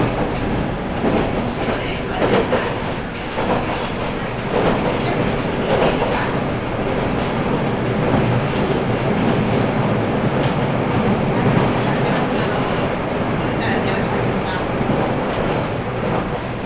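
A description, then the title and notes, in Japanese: A train runs on the Sasebo Line between Arita and Kitakata, a steady dense rumble with repeated rail clacks and brief brighter squeals throughout. 音の旅 佐世保線 有田→北方。普通列車鳥栖行きに乗車します。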